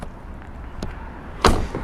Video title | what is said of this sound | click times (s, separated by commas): Undercover Armor Flex on 21 Ram 1500 Rambox with Multi Function Tailgate .candhautoaccessories.net | here that locks in there very nicely | 1.4 s